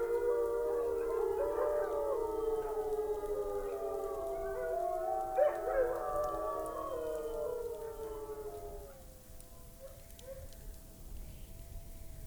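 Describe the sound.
Wolf: wolves howling together, several long, smooth overlapping tones gliding slowly downward, fading after about nine seconds to quieter scattered howls.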